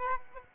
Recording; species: mosquito wingbeat signal from an infrared sensor; Aedes aegypti